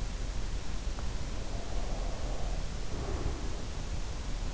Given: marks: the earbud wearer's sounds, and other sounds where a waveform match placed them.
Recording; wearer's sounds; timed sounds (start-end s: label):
sounds in sleep by an in-ear microphone; breath
1.64-3.94 s: breath